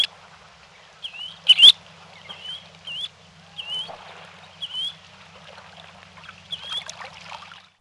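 Semipalmated plover calls, a string of brief upslurred whistles at irregular intervals, against a constant soft noise with a few sharp clicks.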